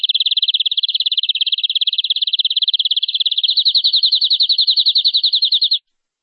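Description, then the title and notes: Canary trilling steadily on high notes for nearly six seconds, then switching partway through to a slower, more distinctly pulsed trill before stopping. "BM Suara Kenari. BM Suara Burung Kenari"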